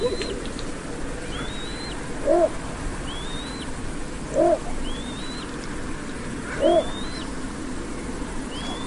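Bird calls: a soft hoot repeated about every two seconds, with thin, high whistled notes also repeating, over steady background noise.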